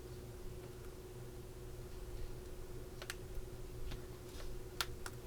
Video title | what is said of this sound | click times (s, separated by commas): Build the British SAS Willy's Jeep Pack 2, Stages 6 to 13 from Agora Models | There we go. Snapped in place. And that's how that looks. | 4.8 s